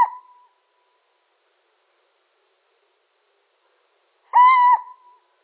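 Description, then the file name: Little owl call: a cut-off note at the start, then after a long silence one steady, mewing note with clean harmonics. Male. "Sycek obecny samec"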